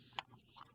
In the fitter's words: it just locks in place like that with the magnet.